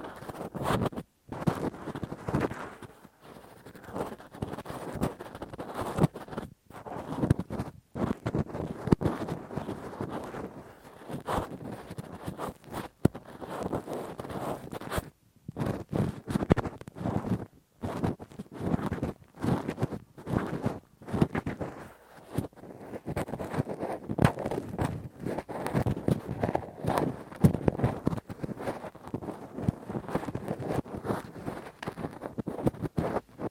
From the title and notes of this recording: ASMR Intense Rough Deep Ear Cleaning w Q-tip, Ear Pick 1 Hour (No Talking).